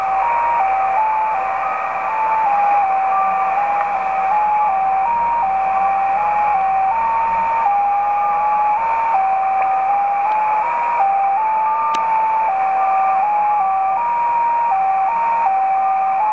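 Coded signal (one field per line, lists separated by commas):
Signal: JT65, JT9 or WSPR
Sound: a faint single tone hopping slowly between nearby pitches, under steady hiss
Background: radio static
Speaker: 10 meter band there's your frequency those little tones you can hear there that's jt65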